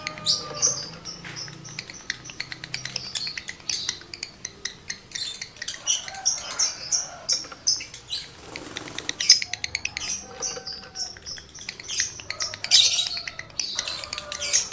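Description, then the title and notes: Lovebird twittering song, a steady stream of fast high chirps and clicking trills with occasional shrill squeaks. Male lovebird in breeding condition; song used as a lure to stimulate other lovebirds to sing. "Birahi Lovebird Jantan ke Gacor. Pancingan Suara Lovebird jantan birahi"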